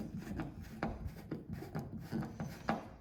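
A screw is driven by hand into a nylon twist-and-lock self-drilling anchor in plasterboard, with a steady rubbing, rasping sound as it turns. Sharp clicks come from behind the board at 0.4, 0.8, 1.8, 2.2, 2.4 and 2.7 seconds as the anchor opens and splits to grip, and the anchor is seated.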